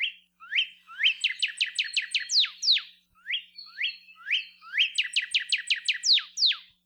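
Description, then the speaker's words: Northern Cardinal song: a few upslurred whistles, then a fast series of steeply downslurred notes, the phrase given twice. One of the common songs; males sing a large variety of songs year-round to advertise territorial boundaries and impress females. "See if you can recognize any of these common northern cardinal songs."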